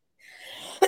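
A brief, soft, breathy intake leads into a single sharp, explosive cough burst that cuts off almost at once. It is one spontaneous cough from an adult woman recovering from long COVID, with leftover physical issues and a trachea irritated by harsh equipment used during her illness.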